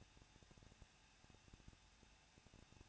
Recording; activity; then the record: daily activity, microphone in the room; no activity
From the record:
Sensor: 2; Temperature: 21.0 degrees Celsius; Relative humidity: 37.4%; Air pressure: 1006.2 hPa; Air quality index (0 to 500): 221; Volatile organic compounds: 24 ppm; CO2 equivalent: 2803 ppm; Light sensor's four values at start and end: 2/3/2/2 and 2/3/2/2